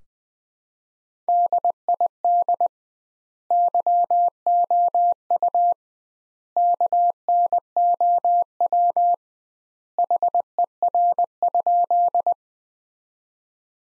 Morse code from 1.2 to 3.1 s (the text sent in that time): DID